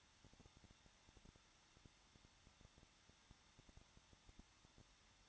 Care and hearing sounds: daily activity, microphone in the room; no activity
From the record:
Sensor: 3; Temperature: 21.2 degrees Celsius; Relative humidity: 36.5%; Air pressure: 1006.4 hPa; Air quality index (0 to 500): 224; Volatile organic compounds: 44 ppm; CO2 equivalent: 3215 ppm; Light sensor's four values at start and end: 2/3/2/2 and 2/3/2/2

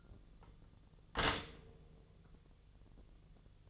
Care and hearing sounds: daily activity, microphone in the room; stop toaster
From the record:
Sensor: 4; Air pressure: 1001.0 hPa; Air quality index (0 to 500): 165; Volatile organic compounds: 2 ppm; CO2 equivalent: 1199 ppm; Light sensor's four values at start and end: 18/42/18/18 and 20/47/20/20

